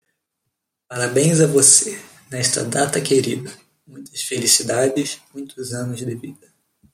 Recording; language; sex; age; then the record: short text; Brazilian Portuguese; male; 20 to 29 years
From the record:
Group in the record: control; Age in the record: 22 years